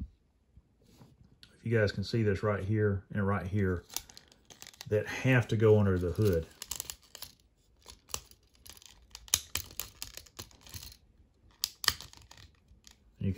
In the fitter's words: you can hear them pop into place